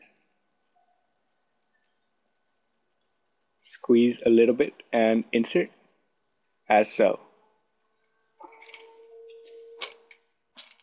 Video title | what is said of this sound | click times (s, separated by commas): Review of Scythe Yasya CPU Cooler | make sure it clicks and you're good to go do the same to the other side | 9.8 s